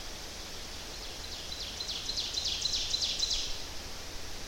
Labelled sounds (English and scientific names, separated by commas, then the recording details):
Ovenbird (Seiurus aurocapilla) song
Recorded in boreal forest in Alberta, Canada, on 10 June 2016 at 08:56
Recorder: SongMeter 3, array SBT-3-39
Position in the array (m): 270 m, 158 m
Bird 19